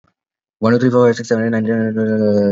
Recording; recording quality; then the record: counting at a fast pace; excellent, no background noise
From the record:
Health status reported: COVID-19 positive, mild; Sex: female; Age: 24 years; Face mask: not worn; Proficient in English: yes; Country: India